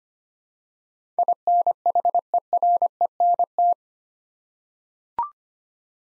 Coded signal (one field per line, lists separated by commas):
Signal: Morse code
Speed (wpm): 25 wpm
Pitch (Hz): 700 Hz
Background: none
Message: INHERENT